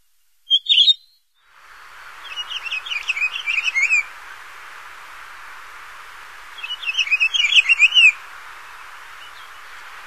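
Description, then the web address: Pine grosbeak song: a brief opening note, then two rich warbled phrases of rapid, varied whistles. North America. "Songs of Birds of North America Stokes Pine Grosbeak"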